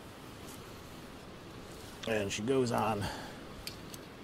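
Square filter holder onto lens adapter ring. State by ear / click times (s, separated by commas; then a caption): seated / 3.7 s, 3.9 s. A K&F Concept X-Pro square filter holder is pushed onto its lens adapter ring, which has an orange ring that locks it into place. Someone talks briefly, then two short ticks come at 3.7 and 3.9 seconds as the holder seats on the ring.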